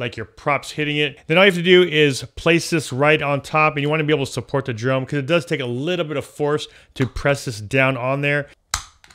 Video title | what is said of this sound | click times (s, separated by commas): Anti-Collision Drone Strobe Light by LUME CUBE | you go you can hear that little click and that lets you know that this thing is locked into place and it's not gonna be going anywhere | 8.7 s